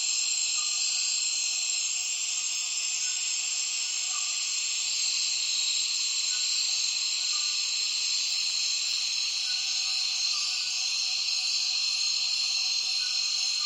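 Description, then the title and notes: A massed cicada chorus makes a sustained high whine, with occasional short faint chirps in the background. Many cicadas calling as afternoon light fades at dusk, Tawau Hills National Park, Borneo rainforest; recorded with Zoom F6 and Lom MikroUsi Pro microphones. "Intense Dusk Chorus In The Borneo Rainforest. A myriad cicadas start calling as soon as the afternoon light begins to fade in Tawau Hills NP, Borneo"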